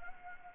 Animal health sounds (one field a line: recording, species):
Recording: mosquito wingbeat signal from an infrared sensor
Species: Anopheles gambiae